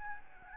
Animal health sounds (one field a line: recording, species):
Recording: mosquito wingbeat signal from an infrared sensor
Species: Aedes albopictus